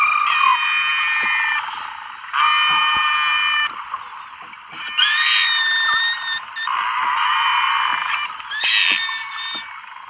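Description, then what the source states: Beluga whale sounds: blocks of harsh, buzzy pulsed noise mixed with high whistles, each a second or more long, with short gaps between. A male beluga imitating human speech, making human-like sounds very different from normal beluga songs.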